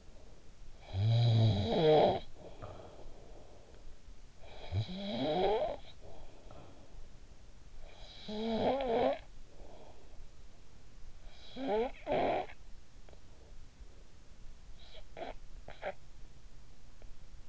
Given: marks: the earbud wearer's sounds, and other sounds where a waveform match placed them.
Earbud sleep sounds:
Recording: sounds in sleep by an in-ear microphone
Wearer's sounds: snoring breath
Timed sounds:
0.52-3.80 s: snoring breath
4.06-10.63 s: snoring breath
11.09-13.06 s: snoring breath
14.78-16.35 s: snoring breath

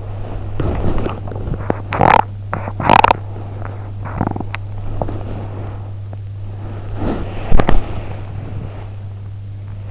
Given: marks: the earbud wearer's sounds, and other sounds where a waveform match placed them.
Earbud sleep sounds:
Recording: sounds in sleep by an in-ear microphone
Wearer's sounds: body movement, teeth grinding, swallowing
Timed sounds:
0.00-1.89 s: body movement
1.88-3.19 s: teeth grinding
4.03-4.49 s: teeth grinding
4.46-5.84 s: swallowing
6.49-8.94 s: body movement
7.51-7.79 s: teeth grinding

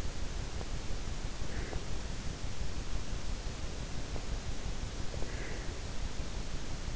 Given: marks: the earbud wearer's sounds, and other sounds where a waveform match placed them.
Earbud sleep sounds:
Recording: sounds in sleep by an in-ear microphone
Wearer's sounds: breath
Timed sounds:
1.41-1.95 s: breath
5.13-5.70 s: breath

